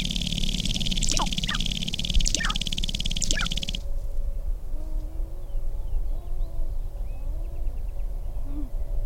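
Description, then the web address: Sharp-tailed grouse display: a dry, rapid rattling buzz with quick downslurred notes for four seconds, then softer low whistled calls over a quiet rumble. "Natural Sounds Sharp-tailed Grouse"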